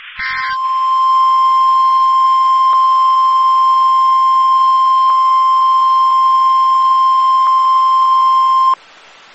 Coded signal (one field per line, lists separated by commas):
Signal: Emergency Alert System (SAME) tones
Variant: 1050 Hz attention tone